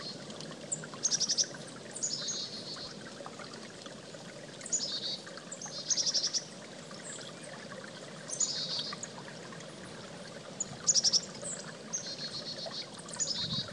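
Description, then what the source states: Chickadee calls repeated every few seconds, each a few high piping notes trailing into buzzy dee notes, with running creek water throughout. Recorded beside a creek.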